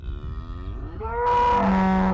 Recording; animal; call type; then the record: contact call of a hoofed animal; cattle; low-frequency (closed-mouth) or high-frequency (open-mouth) call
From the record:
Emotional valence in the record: negative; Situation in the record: full separation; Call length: 2.2 s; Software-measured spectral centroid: 1430 Hz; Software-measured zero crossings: 890 a second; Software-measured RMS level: -23 dBFS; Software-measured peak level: -15 dBFS